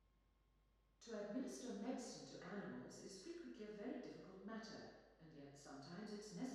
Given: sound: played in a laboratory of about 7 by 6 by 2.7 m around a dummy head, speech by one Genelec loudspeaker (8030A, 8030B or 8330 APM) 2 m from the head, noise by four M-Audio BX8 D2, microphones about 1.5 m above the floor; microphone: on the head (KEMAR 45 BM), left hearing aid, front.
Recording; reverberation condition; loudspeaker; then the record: female speech in English; high; 150 degrees to the right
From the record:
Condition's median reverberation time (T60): about 1300 ms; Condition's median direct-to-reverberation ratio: about -4.0 dB